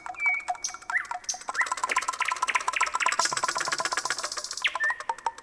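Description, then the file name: Common nightingale song: a drawn-out whistle, a quick run of repeated rising notes, then a buzzy high passage and a final downward sweep. Recorded in a city. "Nightingale-Cities 1"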